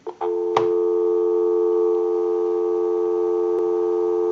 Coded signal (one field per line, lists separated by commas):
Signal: telephone call progress tone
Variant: North America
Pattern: dial tone